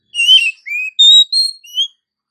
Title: Kacer Langsung Tarung Konslet KACER NGOTOT FULL TEMBAKAN. KACER MANAPUN DIJAMIN NYAUT TIDAK PAKEK LAMA DENGAN PIKAT SUARA KACER BETINA INI